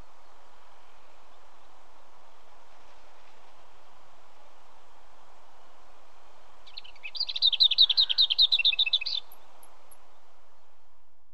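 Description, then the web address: Leaf warbler song: a single burst of about two seconds of rapid paired high notes over a constant low background hum. "mushikuimushikuimirumushikui"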